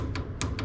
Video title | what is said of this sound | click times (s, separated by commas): Exelon PowerLabs Torque Wrench Calibrations | it'll click when you like this is set for 50 foot-pounds you can hear it click | 0.4 s